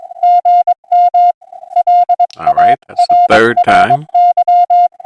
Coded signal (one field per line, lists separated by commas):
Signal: Morse code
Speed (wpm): 22 wpm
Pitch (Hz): 720 Hz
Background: speech, music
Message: GM LARRY